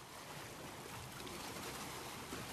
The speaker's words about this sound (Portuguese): Estamos na praia de São Joaquim!